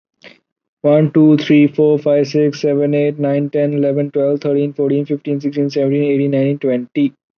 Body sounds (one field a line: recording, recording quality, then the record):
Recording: counting at a normal pace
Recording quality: excellent, no background noise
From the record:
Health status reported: COVID-19 positive, mild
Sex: male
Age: 22 years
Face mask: not worn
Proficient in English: yes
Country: India